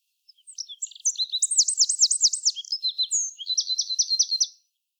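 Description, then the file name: Eurasian wren singing one loud, hurried phrase of about four seconds, high buzzy trills and rapid down-slurred notes tumbling together, ending in a clipped rattling series. "Troglodytes troglodytes"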